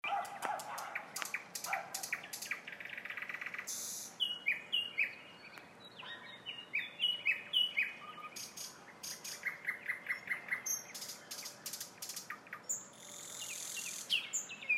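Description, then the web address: Nightingale song: varied phrases of rapid clicks, liquid whistles and buzzy rattles, repeated with short gaps. Song of a nightingale recorded in a town. "spiew slowika miasto zukowski"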